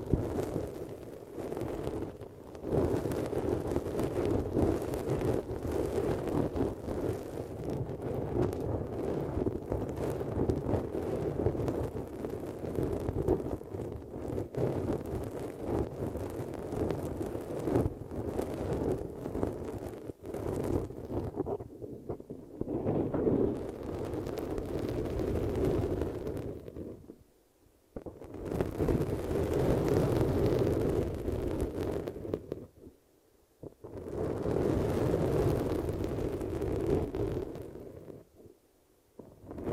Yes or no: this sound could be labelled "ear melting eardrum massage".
yes